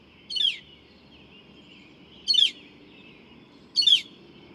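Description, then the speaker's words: Northern Mockingbird song: three loud, rich warbled bursts, each sweeping down, spaced a second or two apart. Male singing all night long with a marvelous variety of imitations; recorded at 5:30 in the morning, LaRue County Park, Hodgenville, Kentucky. "This mockingbird has been singing all night long, and I finally got up to record him."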